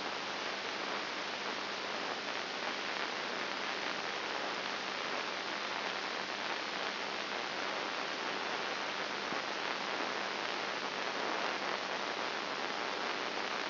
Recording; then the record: brain microelectrode recording played as sound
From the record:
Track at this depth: inside the subthalamic nucleus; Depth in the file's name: 4.501 mm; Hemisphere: right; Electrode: 2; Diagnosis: Parkinson's disease